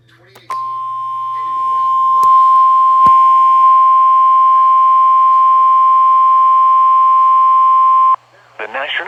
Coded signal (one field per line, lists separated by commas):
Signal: Emergency Alert System (SAME) tones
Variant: 1050 Hz attention tone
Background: speech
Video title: EAS Severe Thunderstorm Warning June 10, 2020